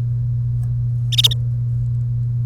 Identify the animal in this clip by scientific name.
Serinus canaria